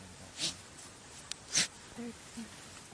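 Two sharp, noisy, unvoiced sneeze-like bursts from African wild dogs, with two softer, fainter calls after them. The sneezes occur during pack rally events, when dominant dogs greet others and recruit the pack to stop resting.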